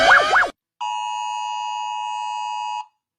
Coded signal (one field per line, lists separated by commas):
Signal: Emergency Alert System (SAME) tones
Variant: 853 and 960 Hz attention tone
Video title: Rating EAS alarms #1